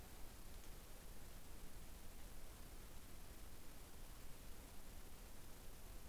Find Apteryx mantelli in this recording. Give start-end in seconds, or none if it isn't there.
none